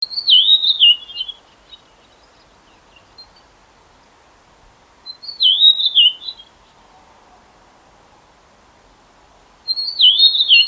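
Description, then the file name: Common rosefinch song: a short, clear, wavering whistled phrase, given three times about every four to five seconds, with quiet pauses between. "Punavarpunen"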